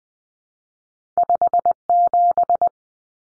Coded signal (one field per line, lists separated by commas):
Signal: Morse code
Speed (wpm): 20 wpm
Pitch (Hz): 700 Hz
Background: none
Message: 57